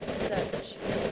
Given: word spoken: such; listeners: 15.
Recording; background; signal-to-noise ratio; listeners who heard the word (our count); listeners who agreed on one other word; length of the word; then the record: one English word in noise, from a listening test; noise modulated by three-talker babble; -7.5 dB; 0 of 15; 12 of 15; 0.72 s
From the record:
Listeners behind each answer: 12, 2, 1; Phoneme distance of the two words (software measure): 10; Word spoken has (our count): 1 syllable, 3 phonemes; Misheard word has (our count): 1 syllable, 3 phonemes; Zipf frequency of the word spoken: 5.50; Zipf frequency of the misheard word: 4.81